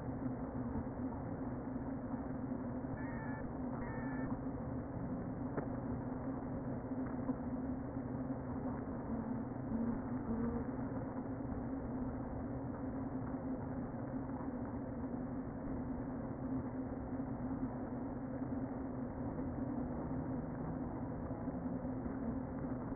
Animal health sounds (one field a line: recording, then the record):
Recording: honeybee colony, microphone inside the hive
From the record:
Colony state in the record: queen present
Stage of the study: before two queens were removed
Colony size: about 60,000 bees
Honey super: yes